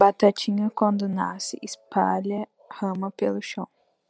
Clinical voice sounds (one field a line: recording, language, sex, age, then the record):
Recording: short text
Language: Brazilian Portuguese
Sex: female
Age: 20 to 29 years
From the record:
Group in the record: control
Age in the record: 20 years